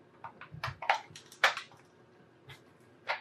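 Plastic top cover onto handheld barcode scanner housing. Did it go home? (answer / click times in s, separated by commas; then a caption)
yes / 0.9 s, 1.4 s. The plastic top cover of a Datalogic Gryphon handheld barcode scanner is pushed back onto its housing after the inside was cleaned and the trigger part slid back into place. A run of light plastic taps and rattles leads to clear snaps at 0.9 s and 1.4 s, with a softer tap near 2.5 s and another near 3.1 s. The cover is seated back on.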